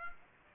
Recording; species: mosquito wingbeat signal from an infrared sensor; Aedes aegypti